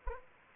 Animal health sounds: mosquito wingbeat signal from an infrared sensor; Anopheles arabiensis

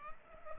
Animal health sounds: mosquito wingbeat signal from an infrared sensor; Culex pipiens

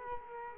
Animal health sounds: mosquito wingbeat signal from an infrared sensor; Culex quinquefasciatus

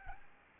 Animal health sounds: mosquito wingbeat signal from an infrared sensor; Aedes albopictus

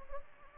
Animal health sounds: mosquito wingbeat signal from an infrared sensor; Anopheles arabiensis

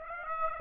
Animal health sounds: mosquito wingbeat signal from an infrared sensor; Aedes aegypti

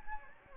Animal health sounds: mosquito wingbeat signal from an infrared sensor; Anopheles gambiae

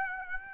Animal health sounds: mosquito wingbeat signal from an infrared sensor; Aedes aegypti

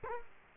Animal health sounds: mosquito wingbeat signal from an infrared sensor; Culex quinquefasciatus

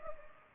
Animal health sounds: mosquito wingbeat signal from an infrared sensor; Culex pipiens

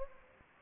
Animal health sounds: mosquito wingbeat signal from an infrared sensor; Anopheles gambiae

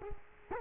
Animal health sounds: mosquito wingbeat signal from an infrared sensor; Culex quinquefasciatus

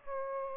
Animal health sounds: mosquito wingbeat signal from an infrared sensor; Aedes aegypti

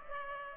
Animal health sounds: mosquito wingbeat signal from an infrared sensor; Culex pipiens

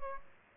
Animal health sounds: mosquito wingbeat signal from an infrared sensor; Aedes aegypti

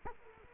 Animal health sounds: mosquito wingbeat signal from an infrared sensor; Culex quinquefasciatus

